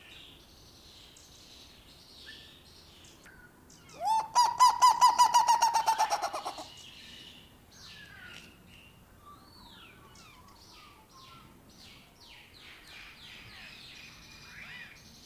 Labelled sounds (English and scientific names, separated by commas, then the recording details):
Black-legged Seriema (Chunga burmeisteri) call
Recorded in captivity
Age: adult
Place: Zoo Berlin, Berlin, DE
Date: 1997-12-23 10:08
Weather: overcast and hazy, ca. 1-2°C
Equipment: Nagra SN, Kopie Uher 4000 Report Monitor
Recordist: Tembrock, Günter